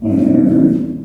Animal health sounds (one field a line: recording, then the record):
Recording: squeal of a Yucatan mini pig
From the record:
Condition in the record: after surgery on the right vocal fold (resection and tissue-engineered implant)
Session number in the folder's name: 5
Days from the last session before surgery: 33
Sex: female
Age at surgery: 19 weeks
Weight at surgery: 25 kg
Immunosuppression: prednisolone